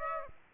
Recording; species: mosquito wingbeat signal from an infrared sensor; Aedes aegypti